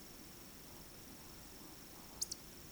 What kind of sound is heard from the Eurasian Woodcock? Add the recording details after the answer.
whistle, croak. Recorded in Baden-Württemberg, Germany, on 9 June 2021 at 20:20 UTC. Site 25175, 602 m above sea level